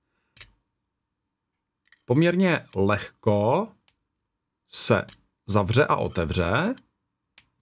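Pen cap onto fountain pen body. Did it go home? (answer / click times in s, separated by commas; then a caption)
yes / 7.4 s. A pen cap is closed onto a fountain pen body, shutting fairly easily but with an audible click. Someone talks between short ticks, and the cap clicks shut and seats at 7.4 s.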